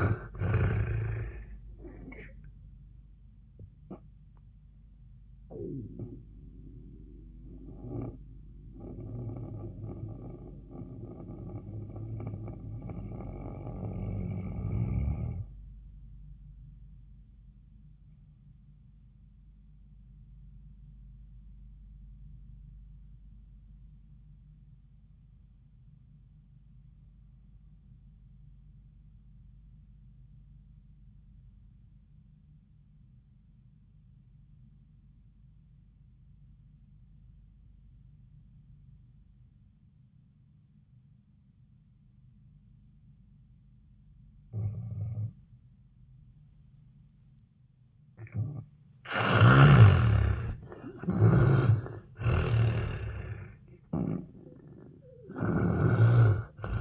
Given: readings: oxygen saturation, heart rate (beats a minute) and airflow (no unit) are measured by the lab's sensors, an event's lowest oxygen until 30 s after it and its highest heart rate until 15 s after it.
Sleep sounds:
breathing in sleep by a smartphone at the bedside; 1
8.00-38.00 s: new sleep stage, N1 (lightest sleep)
8.00-48.00 s: obstructive apnea (N1, oxygen 98% highest, then 75% lowest)
38.00-56.81 s: new sleep stage, N2 (light sleep)
From the record:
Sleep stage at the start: N2 (light sleep); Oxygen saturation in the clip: 76 to 98%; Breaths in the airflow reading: 4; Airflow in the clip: -19.0 to 9.4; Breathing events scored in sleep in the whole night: 400 in 8.7 hours asleep

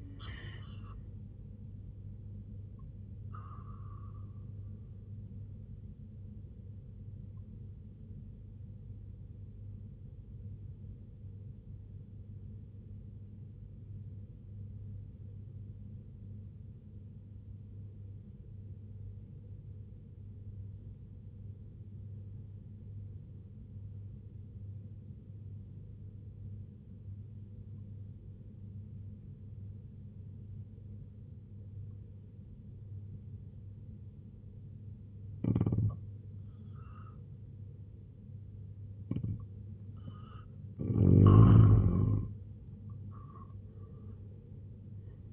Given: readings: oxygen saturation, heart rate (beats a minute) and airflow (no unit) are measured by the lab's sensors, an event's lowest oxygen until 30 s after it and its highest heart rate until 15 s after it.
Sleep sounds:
breathing in sleep by a smartphone at the bedside; 1
7.00-36.70 s: obstructive apnea (N2, oxygen 95% highest, then 82% lowest, heart rate 65 at the start, 91 highest)
35.00-45.32 s: new sleep stage, N1 (lightest sleep)
From the record:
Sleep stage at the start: N2 (light sleep); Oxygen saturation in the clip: 83 to 95%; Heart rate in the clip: 63 to 91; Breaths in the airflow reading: 3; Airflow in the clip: -11.9 to 10.2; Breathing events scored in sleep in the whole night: 258 in 7.4 hours asleep

